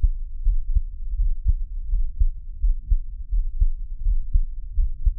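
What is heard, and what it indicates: A normal adult heartbeat, close-miked, heard from the person's own chest, with no talking.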